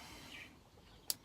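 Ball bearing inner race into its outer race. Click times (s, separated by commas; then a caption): 1.1 s. The inner race and balls of a Stihl MS200 chainsaw crankshaft ball bearing are pushed by hand back into the bearing's steel outer race. After about a second of quiet handling, a sharp, very short snap rings out at 1.1 s, followed by a faint soft sound at about 1.3 s. The inner race seats back in place.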